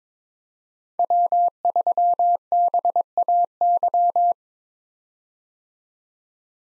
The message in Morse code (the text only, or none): W3BAY